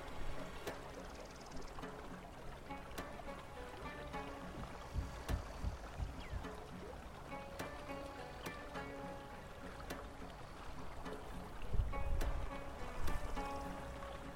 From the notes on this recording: distant music w/ river sounds